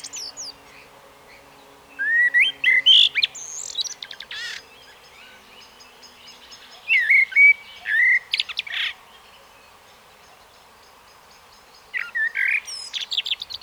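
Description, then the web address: Common blackbird song comes in three phrases about five seconds apart, each mixing mellow fluted notes with thin high squeaks. "SETE data Turdus merula"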